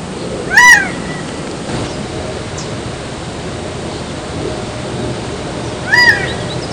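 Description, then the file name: Gambel's quail giving two loud, nasal, arched calls about five seconds apart over a steady background rush. Recorded at a wetlands park in Las Vegas, USA, in 2013. "Callipepla-gambelii-Gamble´s-Quail-Wetlands Park-LVegas USA-11-6-13-ASilveira"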